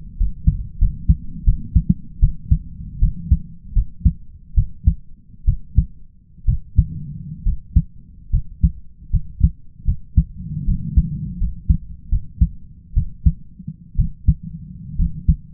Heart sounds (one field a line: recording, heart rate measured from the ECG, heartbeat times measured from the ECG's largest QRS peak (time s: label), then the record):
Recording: heart sounds by stethoscope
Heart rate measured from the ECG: 73 bpm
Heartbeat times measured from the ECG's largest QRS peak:
0.17 s: heartbeat
0.79 s: heartbeat
1.45 s: heartbeat
2.20 s: heartbeat
2.99 s: heartbeat
3.73 s: heartbeat
4.55 s: heartbeat
5.45 s: heartbeat
6.46 s: heartbeat
7.44 s: heartbeat
8.31 s: heartbeat
9.11 s: heartbeat
9.85 s: heartbeat
10.65 s: heartbeat
11.38 s: heartbeat
12.10 s: heartbeat
12.94 s: heartbeat
13.96 s: heartbeat
14.97 s: heartbeat
From the record:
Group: healthy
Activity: rest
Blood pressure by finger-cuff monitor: 142/82 mmHg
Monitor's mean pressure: 97 mmHg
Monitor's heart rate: 75 bpm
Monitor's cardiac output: 5.5 L/min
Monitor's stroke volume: 73 mL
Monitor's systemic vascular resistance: 1290 dyn s/cm5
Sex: male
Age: 20 years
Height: 167 cm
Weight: 61 kg